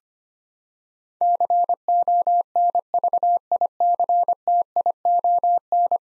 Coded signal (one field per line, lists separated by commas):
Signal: Morse code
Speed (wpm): 25 wpm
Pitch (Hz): 700 Hz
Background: none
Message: CONVICTION